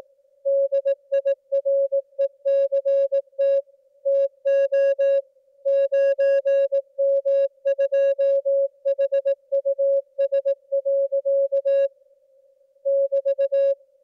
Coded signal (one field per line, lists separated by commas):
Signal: Morse code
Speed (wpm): 18 wpm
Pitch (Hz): 550 Hz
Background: music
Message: DIRECT TO 9M2HUS. <BT>